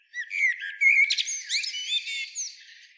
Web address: SETE Turdus merula